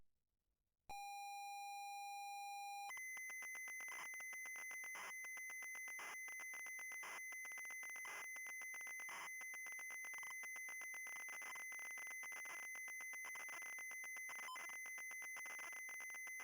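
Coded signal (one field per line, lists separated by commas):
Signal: ZX Spectrum tape loading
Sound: two seconds of steady mid-pitched tone, then a harsh high buzzing data screech with rapid clicks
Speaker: it even got a loading screen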